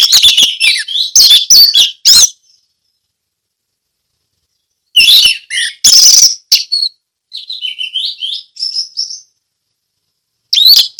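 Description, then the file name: Orange-headed thrush song: bursts of sharp, varied chirps and trills in two loud phrases, a long pause, then softer warbled notes and a final sharp burst. Ngeplong song style. "anis merah ngeplong"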